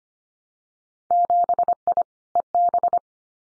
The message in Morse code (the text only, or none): 7I EB